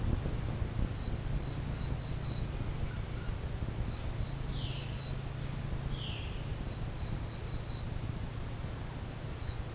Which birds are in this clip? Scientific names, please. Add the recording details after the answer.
Cyanocorax violaceus. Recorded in pastures near Puerto Asís, Putumayo, Colombia, on 25 June 2025 at 08:30. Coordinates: 0.496, -76.326. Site GP01